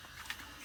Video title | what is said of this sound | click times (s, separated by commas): Installing a 30 amp SmartPlug Conversion Kit on a Travel Trailer - Camp Addict | what it does is it just plugs in and locks in place that's it it's as simple as that | 0.3 s